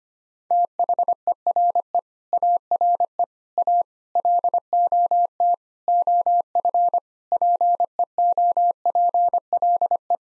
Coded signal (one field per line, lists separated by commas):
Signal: Morse code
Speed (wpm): 25 wpm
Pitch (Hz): 700 Hz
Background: none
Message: THERE ARE A LOT OF PEOPLE